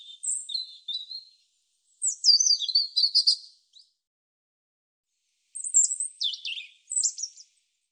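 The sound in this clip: European robin delivering several short song phrases: thin whistles, rapid descending warbles and twittering runs, with brief silent gaps between bursts.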